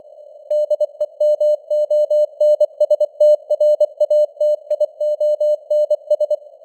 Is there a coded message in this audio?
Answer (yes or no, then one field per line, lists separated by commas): yes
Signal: Morse code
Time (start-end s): 0.5-6.3 s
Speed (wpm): 24 wpm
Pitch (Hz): 600 Hz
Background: none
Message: DEMONSTRATIONS